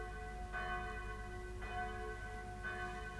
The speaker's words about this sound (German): Nun, da Kapitän Kett in Matrosenmütze und Seestiefeln mit seiner lauten Raus-aus-dem-Bett-Glocke den heutigen Tag verkündet.